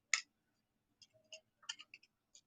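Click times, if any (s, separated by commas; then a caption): none. Two metal pieces of a craft item are handled by hand as one craft piece is brought toward its mating piece to be snapped together. A sharp tick sounds at the start, followed by several short, faint clicks and rattles. Nothing has seated or snapped shut yet.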